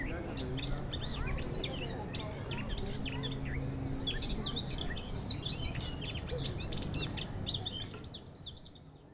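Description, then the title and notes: Eurasian blackcap, busy scratchy warbling song packed with quick varied notes through most, fading toward the end, with steady low background noise. Singing in a large maple beside a path in a garden, Aix-les-Bains, Savoie, France. "dans le Jardin Vagabond , les passants et le chant d'une fauvette à tête noire"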